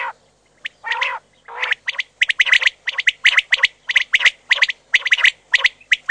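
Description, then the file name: Common quail giving a few broad, harsh bursts, then a dense series of short, scratchy notes. Filtered audio. "QUAGLIA"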